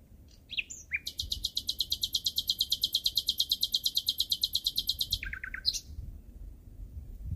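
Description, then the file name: Common nightingale song: a brief whistle, then a fast, even, high buzzy trill of rapid notes lasting about four seconds, closing with lower chuckling notes. "Nachtegaal"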